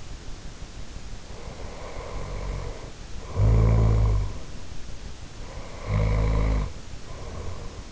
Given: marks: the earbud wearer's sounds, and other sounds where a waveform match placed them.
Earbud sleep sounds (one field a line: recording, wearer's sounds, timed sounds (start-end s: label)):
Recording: sounds in sleep by an in-ear microphone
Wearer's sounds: snoring breath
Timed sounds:
1.26-4.58 s: snoring breath
5.39-7.92 s: snoring breath